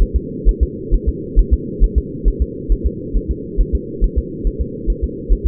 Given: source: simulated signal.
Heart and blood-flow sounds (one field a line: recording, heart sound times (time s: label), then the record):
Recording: fetal heart sounds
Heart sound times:
0.02 s: S1
0.16 s: S2
0.49 s: S1
0.63 s: S2
0.94 s: S1
1.09 s: S2
1.39 s: S1
1.53 s: S2
1.84 s: S1
1.98 s: S2
2.28 s: S1
2.42 s: S2
2.72 s: S1
2.87 s: S2
3.17 s: S1
3.31 s: S2
3.61 s: S1
3.75 s: S2
4.04 s: S1
4.18 s: S2
4.47 s: S1
4.61 s: S2
4.90 s: S1
5.04 s: S2
5.33 s: S1
5.47 s: S2
From the record:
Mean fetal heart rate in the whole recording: 135 bpm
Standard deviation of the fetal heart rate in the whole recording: 3 bpm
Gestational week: 36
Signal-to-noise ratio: -4.1 dB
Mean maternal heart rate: no maternal heart sound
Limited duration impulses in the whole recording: absent